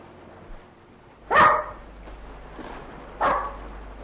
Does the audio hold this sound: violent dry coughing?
no